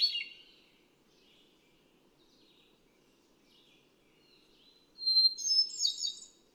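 Hermit thrush: near the end a sustained clear note is followed by a bright rippling run of high, echoing notes, after a quiet stretch of fading reverberation.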